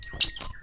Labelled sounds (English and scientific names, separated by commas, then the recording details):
Stitchbird (Notiomystis cincta) song
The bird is a male
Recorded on Tiritiri Matangi Island, New Zealand, in 2005
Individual 22, of nest box 31